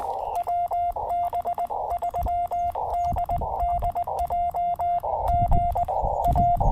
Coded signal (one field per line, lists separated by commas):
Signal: Morse code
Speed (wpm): 19 wpm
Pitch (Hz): 690 Hz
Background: radio noise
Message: WB3DDJ GA